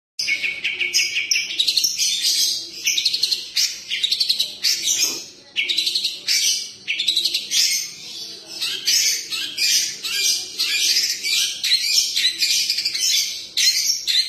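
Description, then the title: Long-tailed shrike song, a dense, continuous stream of high, varied chirps, trills and scratchy phrases with brief pauses, energetic and mimic-like throughout. Combination song, a mixed song style. "Cendet Kombinasi"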